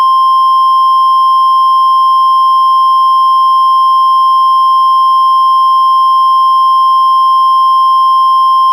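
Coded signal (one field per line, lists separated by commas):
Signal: Emergency Alert System (SAME) tones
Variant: 1050 Hz attention tone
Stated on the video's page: Fake, hypothetical EAS scenario, a simulated alert.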